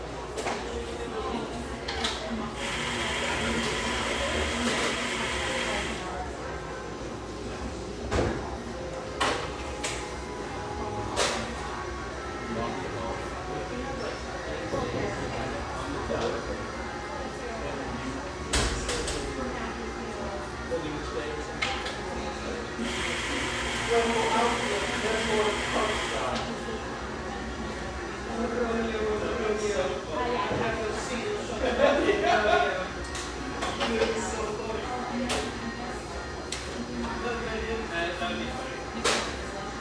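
A steady bed of café chatter fills the whole recording, with murmured voices and occasional clinks and knocks. Twice, from about 2 to 6 seconds and again from 23 to 26 seconds, a bright hissing sound rises over the crowd, like a steam wand.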